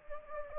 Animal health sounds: mosquito wingbeat signal from an infrared sensor; Anopheles gambiae

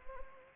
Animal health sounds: mosquito wingbeat signal from an infrared sensor; Anopheles arabiensis

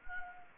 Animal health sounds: mosquito wingbeat signal from an infrared sensor; Anopheles gambiae

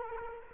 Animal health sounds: mosquito wingbeat signal from an infrared sensor; Culex quinquefasciatus

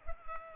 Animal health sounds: mosquito wingbeat signal from an infrared sensor; Culex pipiens

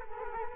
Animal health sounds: mosquito wingbeat signal from an infrared sensor; Culex quinquefasciatus

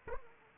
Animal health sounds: mosquito wingbeat signal from an infrared sensor; Aedes aegypti

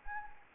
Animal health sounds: mosquito wingbeat signal from an infrared sensor; Anopheles gambiae

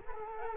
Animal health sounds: mosquito wingbeat signal from an infrared sensor; Culex quinquefasciatus

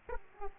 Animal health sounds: mosquito wingbeat signal from an infrared sensor; Aedes aegypti

